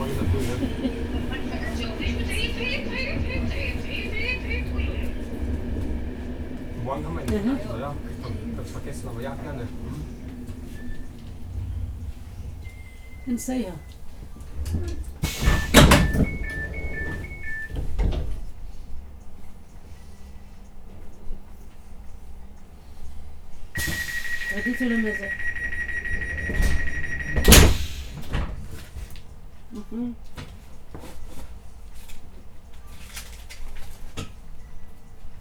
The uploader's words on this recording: Recorded on a train-ride through Vienna.